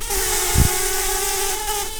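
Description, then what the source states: Brown-banded carder bee buzzing, a steady low drone with a clear tone and its overtone held throughout, over broad hiss and a brief low thump. Queens.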